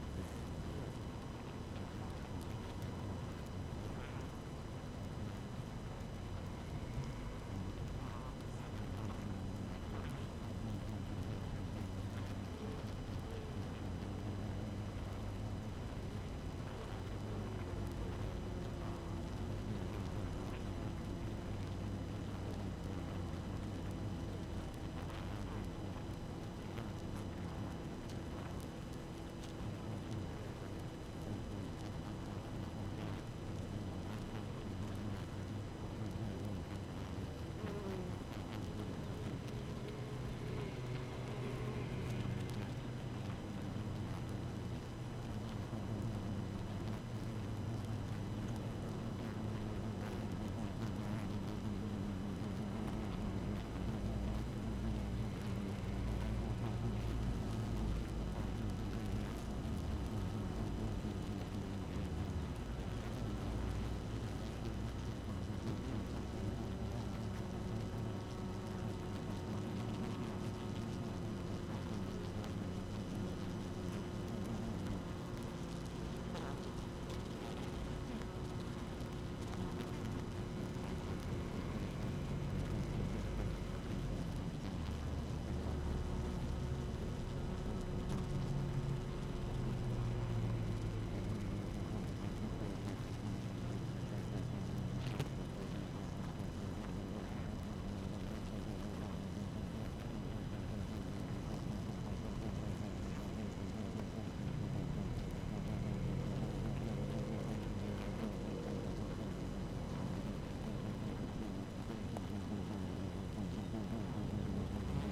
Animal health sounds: honeybee colony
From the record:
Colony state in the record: active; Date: 12 June 2018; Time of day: 6:34

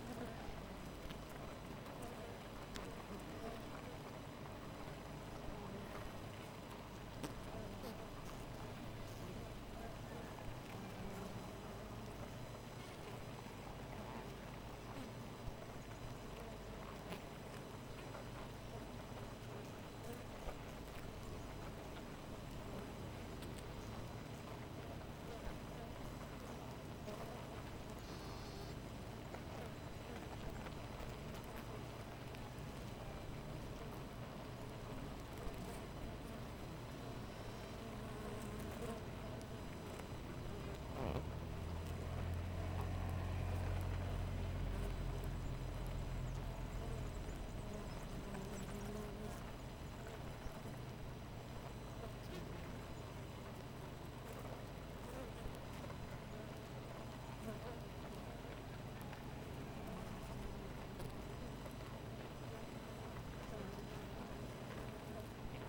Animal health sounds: honeybee colony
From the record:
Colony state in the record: missing queen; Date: 14 July 2017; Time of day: 4:10

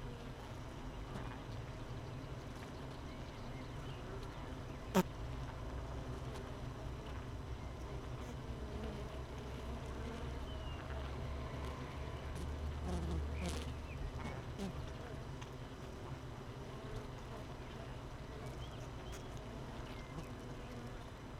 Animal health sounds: honeybee colony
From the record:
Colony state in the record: missing queen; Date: 31 May 2018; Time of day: 6:50

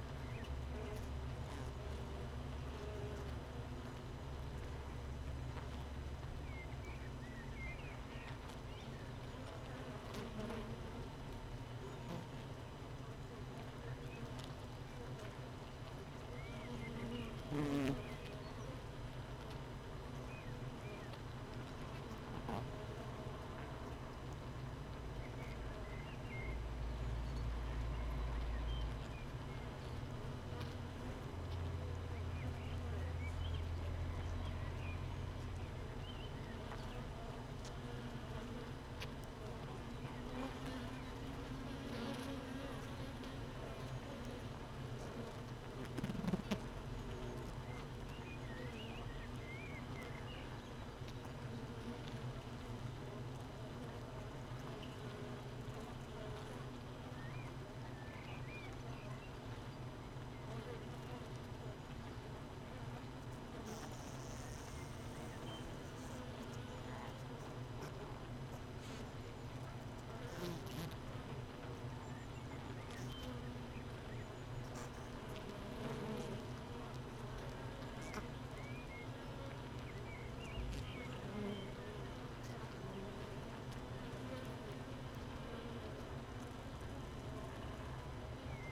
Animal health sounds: honeybee colony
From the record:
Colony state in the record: missing queen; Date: 31 May 2018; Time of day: 15:41

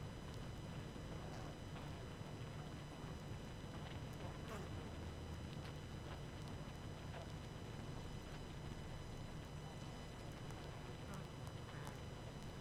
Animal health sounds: honeybee colony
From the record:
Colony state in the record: active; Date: 12 June 2018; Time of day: 20:31

